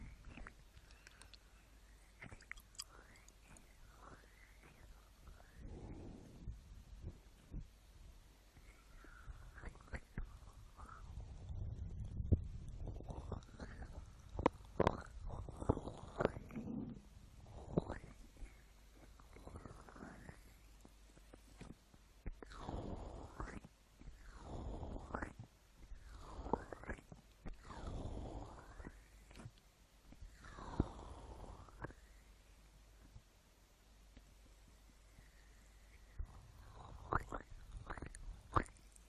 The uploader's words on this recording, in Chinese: 耳朵按摩特輯，無人聲。